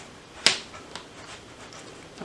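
The two halves of a large curtain grommet are pressed together by hand through clutch fabric. A sharp snap at 0.5 s and a softer one at 1.0 s are heard, followed by a faint sound near the end. The grommet has snapped on one side only and is still not fully seated.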